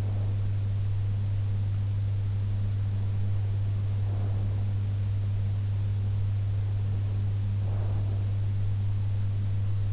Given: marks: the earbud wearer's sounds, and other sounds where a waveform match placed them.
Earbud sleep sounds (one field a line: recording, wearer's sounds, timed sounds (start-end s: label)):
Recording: sounds in sleep by an in-ear microphone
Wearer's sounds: breath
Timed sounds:
0.00-0.72 s: breath
3.91-4.87 s: breath
7.51-8.43 s: breath